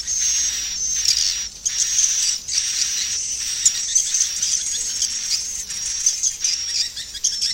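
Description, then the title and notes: Swiftlet twittering, a near-continuous high, thin chatter with small rises and dips in loudness. Used for swiftlet farming in Asia. "Swiflet Bird Sound. Farming Swiflet Bird asia sound"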